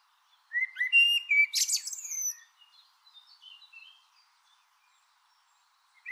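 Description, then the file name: Eurasian blackbird singing a low whistled opening followed by a sharp high twitter, then softer scattered squeaky notes tailing away. "Turdus merula"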